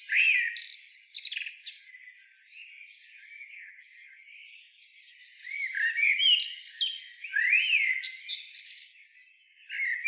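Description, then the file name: Common blackbird uttering rapid high chirps and slurred whistles, fading to a soft low warble midway, then rising again into louder twittering notes. "Turdus merula"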